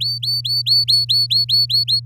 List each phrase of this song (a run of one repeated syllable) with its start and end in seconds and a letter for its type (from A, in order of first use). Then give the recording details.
0.00-2.00 A. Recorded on 8 May 2018 at 05:51. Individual llb16